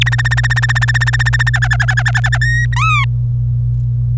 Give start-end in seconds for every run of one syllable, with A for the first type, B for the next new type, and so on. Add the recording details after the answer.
0.01-0.03 A, 0.06-1.49 B, 1.54-2.37 C, 2.41-2.65 D, 2.76-3.04 E. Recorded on 26 April 2018 at 12:16. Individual llb3